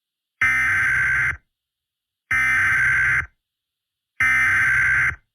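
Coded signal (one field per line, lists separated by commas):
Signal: Emergency Alert System (SAME) tones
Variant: header bursts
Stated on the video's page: Fictional EAS scenario, simulated alert made with editing software and text to speech.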